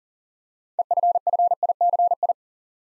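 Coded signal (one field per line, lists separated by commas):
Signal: Morse code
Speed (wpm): 40 wpm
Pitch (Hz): 700 Hz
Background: none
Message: EFFICI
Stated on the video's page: Morse practice at 40 wpm, building 9-letter words three letters at a time for instant character recognition.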